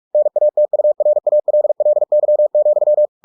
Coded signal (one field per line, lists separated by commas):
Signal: Morse code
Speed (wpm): 46 wpm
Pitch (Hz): 600 Hz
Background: none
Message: NATURALLY,